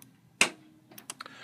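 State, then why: Released. A key on a motorcycle is pushed down and turned to pull the release cable for the front trunk lid latch. The trunk lid hook unlatches with a sharp click at 0.4 s, followed by a few faint ticks between 1.0 and 1.3 s. The front trunk lid is released.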